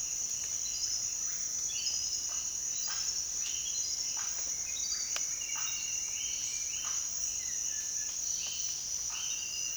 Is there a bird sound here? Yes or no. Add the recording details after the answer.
yes. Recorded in dense forest near Puerto Asís, Putumayo, Colombia, on 22 June 2025 at 07:00. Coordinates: 0.466, -76.327. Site GP04